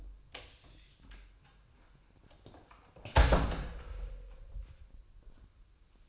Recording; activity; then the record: daily activity, microphone in the room; close door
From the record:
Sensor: 2